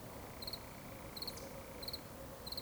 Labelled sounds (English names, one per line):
Eurasian Woodcock whistle